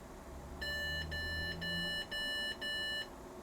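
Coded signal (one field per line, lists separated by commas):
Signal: beep code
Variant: motherboard BIOS POST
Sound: five evenly spaced electronic beeps in a row, separated by brief gaps, over a low hum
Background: low fan hum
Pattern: 5 short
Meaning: Five beeps indicated a processor fault, possibly the BIOS failing to reach the graphics card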